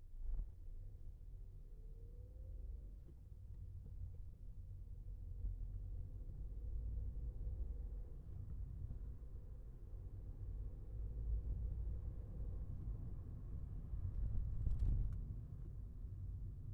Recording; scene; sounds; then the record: everyday scene through a hearing-aid microphone; in a vehicle; engine, traffic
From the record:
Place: Skoda Fabia, gasoline engine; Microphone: behind the ear, left, front